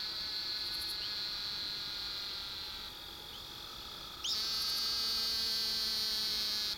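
Great Plains narrow-mouthed toad buzzing calls, long high nasal buzzes, with a louder buzz starting partway through and holding to the end.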